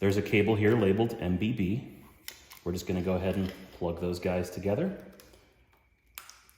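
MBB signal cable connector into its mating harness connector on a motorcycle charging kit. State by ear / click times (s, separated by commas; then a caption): seated / 6.2 s. Someone talks while two mating plastic wiring-harness connectors, the MBB control-signal cable and its mating harness connector on a motorcycle charging kit, are pushed together. A sharp click at 6.2 s confirms the connector has seated.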